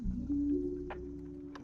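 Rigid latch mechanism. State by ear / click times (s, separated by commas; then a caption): seated / 0.9 s, 1.6 s. A painted VikingBags 32L Darkin hard saddlebag is wiggled onto its quick-release mount on a Harley-Davidson Low Rider S FXLRS motorcycle, and the mounting latch is closed until it locks. Over a steady low tonal hum, two short sharp clicks sound at 0.9 s and 1.6 s. The latch locks in, seating the saddlebag securely on the mount.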